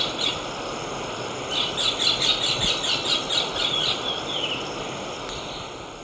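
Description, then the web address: Olive tanager song: a rapid, slightly wavering run of thin high notes lasting about three seconds after a brief opening note, against a noisy hissing background. Recorded in Ecuador. "Birds of Ecuador. Olive Tanager"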